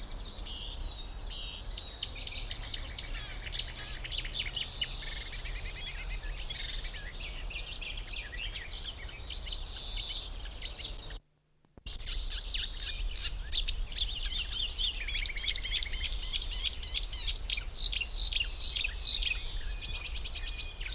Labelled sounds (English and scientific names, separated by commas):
Marsh Warbler (Acrocephalus palustris)